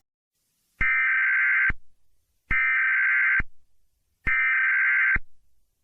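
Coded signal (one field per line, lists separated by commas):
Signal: Emergency Alert System (SAME) tones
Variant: header bursts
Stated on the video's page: Fictional mock EAS scenario about Witherstorm attacks, a 4th of July special.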